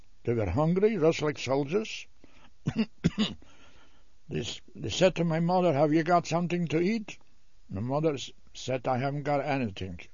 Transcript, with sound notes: they were hungry, just like soldiers. ( he coughs ) They said to my mother, "Have you got something to eat?" And my mother said, "I haven't got anything."